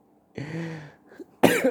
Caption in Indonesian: Batuk-batuk. Ternyata emang batuk gue belum sembuh, tapi udah kurang.